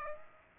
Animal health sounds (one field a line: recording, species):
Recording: mosquito wingbeat signal from an infrared sensor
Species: Aedes aegypti